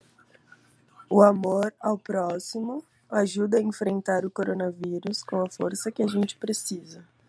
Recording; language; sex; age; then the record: spoken sentence; Brazilian Portuguese; female; 20 to 29 years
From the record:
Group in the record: control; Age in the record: 29 years